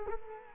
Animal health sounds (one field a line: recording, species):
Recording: mosquito wingbeat signal from an infrared sensor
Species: Culex quinquefasciatus